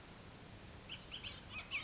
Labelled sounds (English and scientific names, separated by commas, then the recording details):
Bullock's Oriole (Icterus bullockii)
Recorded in Sonoma County, California